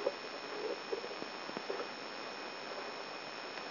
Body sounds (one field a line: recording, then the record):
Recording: brain microelectrode recording played as sound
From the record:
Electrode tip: outside the subthalamic nucleus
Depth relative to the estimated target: 4 mm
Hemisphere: left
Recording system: AlphaMap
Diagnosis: Parkinson's disease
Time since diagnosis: 14 years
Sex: male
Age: 66 years